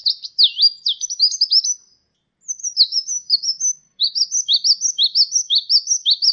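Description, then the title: Sunbird song of sharp, high, swooping twitters, a brief silence, more twittering, then a run of evenly spaced chirps. "kicau kolibri"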